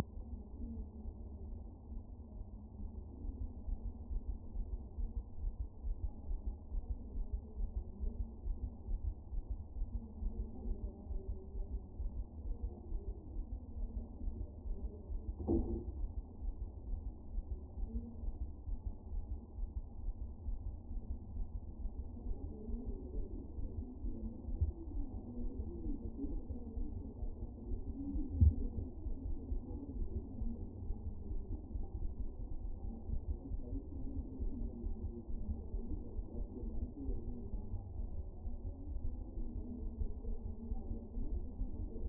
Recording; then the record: fetal heart sounds by stethoscope on the mother's abdomen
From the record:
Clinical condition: moderate anaemia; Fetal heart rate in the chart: 135 bpm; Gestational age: 39 weeks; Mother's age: 23 years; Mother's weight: 54 kg